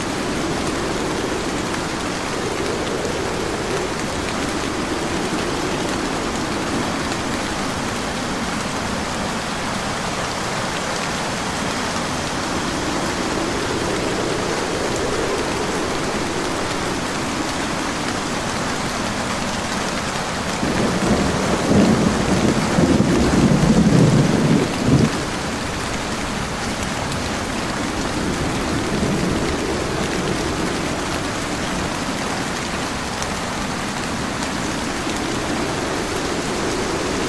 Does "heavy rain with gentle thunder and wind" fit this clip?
yes